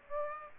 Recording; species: mosquito wingbeat signal from an infrared sensor; Aedes aegypti